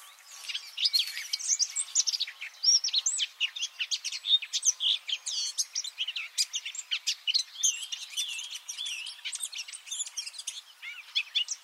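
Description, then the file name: Eurasian blackcap warbling in a dense, fast stream of twittering, scratchy and sweeping whistled notes that runs on without a break. "Sylvia atricapilla"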